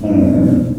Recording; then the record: squeal of a Yucatan mini pig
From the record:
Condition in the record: after surgery on the right vocal fold (resection and tissue-engineered implant); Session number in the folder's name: 5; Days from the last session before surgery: 33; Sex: female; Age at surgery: 19 weeks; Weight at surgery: 25 kg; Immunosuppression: prednisolone